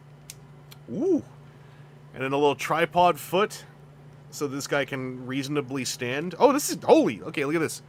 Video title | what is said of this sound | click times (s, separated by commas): Deboxing Aggressive Somersaults - April 18 2025 | There's a there's a a little click locking tab in there that's like | 0.3 s, 0.7 s